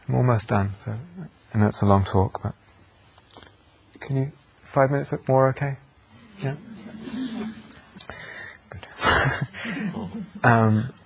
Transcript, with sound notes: I'm almost done, so I know it's a long talk, but... can you... five minutes more okay? [affirmative noises] Yeah? Good.